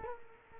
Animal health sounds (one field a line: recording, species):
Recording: mosquito wingbeat signal from an infrared sensor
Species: Culex quinquefasciatus